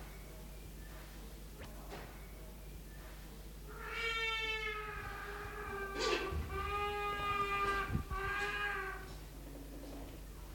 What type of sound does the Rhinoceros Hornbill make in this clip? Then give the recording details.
call. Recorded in captivity. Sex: male. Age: adult. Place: Zoo Berlin, Berlin, DE. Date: 1995-04-01 11:36. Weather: bedeckt - heiter, 6 - 8°C, böiger Wind. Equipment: Marantz CP 430, Sennheiser ME 80, Kopie Uher Variocord 263. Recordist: Tembrock, Günter